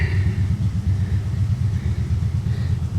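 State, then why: Not seated. A plastic Mister Landscaper drip irrigation fitting is lined up against the hole in the poly tubing before being pushed in, and nothing has seated or clicked yet. Only a steady, loud low vehicle rumble is heard throughout, with no distinct hits.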